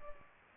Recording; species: mosquito wingbeat signal from an infrared sensor; Culex pipiens